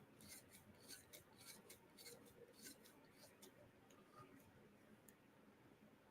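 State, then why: Not seated. A printed plastic wheel is twisted onto the axle of an LDO Box Turtle filament changer unit, making a series of dry scraping, rubbing strokes with faint ticks near 1.7 and 5.1 seconds and a sudden loud burst at the very end. Something is slipping, and the wheel has not clicked onto the axle yet.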